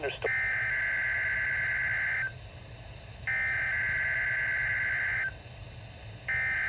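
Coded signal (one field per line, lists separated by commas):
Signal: Emergency Alert System (SAME) tones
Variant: header bursts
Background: speech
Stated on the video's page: Required weekly test on a weather radio transmitter.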